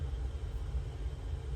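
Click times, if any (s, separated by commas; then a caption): none. An insulation-displacement tap connector with a feeder wire is being handled with flat nose pliers over the 12 gauge layout bus wire. Only a steady low rumble is heard for 1.6 seconds. Nothing has clicked or seated yet.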